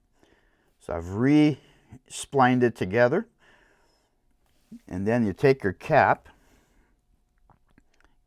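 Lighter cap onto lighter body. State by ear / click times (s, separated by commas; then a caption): not seated / none. Someone talks while taking the metal lighter cap and lining it up over the lighter body, ready to squeeze it down and snap it into place. A few faint short ticks follow near the end, but the cap has not yet seated or clicked.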